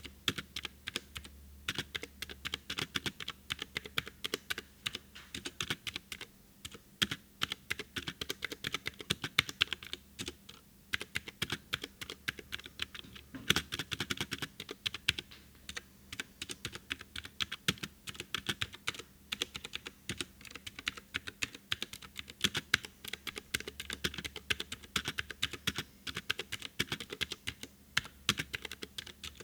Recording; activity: daily activity, guitar pickup as the sensor; type